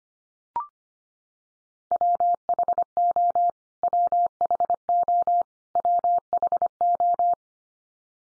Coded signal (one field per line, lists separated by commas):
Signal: Morse code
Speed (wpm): 25 wpm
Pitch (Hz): 700 Hz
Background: none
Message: WHO WHO WHO